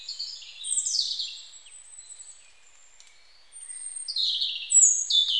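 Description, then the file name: European robin song: high, thin warbling phrases sliding between pitches, with trills and sweeping notes separated by brief pauses. "Erithacus rubecula"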